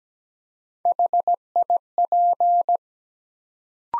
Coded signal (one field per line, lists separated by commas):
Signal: Morse code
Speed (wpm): 17 wpm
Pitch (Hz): 700 Hz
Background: none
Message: HIP